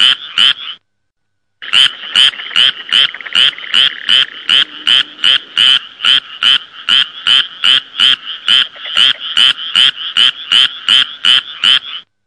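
Frog croaking in short, harsh, raspy notes repeated steadily about two or three times per second, with one brief pause near the start, otherwise nonstop.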